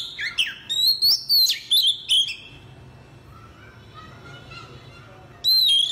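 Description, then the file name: Oriental magpie-robin song: several loud, varied whistled notes in quick succession, then a long quiet gap before a final whistled phrase. "tieng chich choe"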